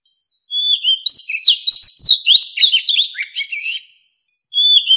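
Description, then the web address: White-rumped shama song, a varied run of loud whistles, slurred notes and clicks lasting about four seconds, then a brief whistled phrase begins again. White-rumped shama song as a ringtone, used as a decoy lure for bird trapping. "tieng chim Chich Choe. tieng chich choe lua hot keu bay moi"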